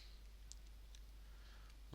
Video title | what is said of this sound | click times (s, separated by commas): Tuto iPhone 5S : changer la vitre en moins de 15 minutes HD | donc on laisse ouvert à 3 4 cm On reclipse la nappe | 0.5 s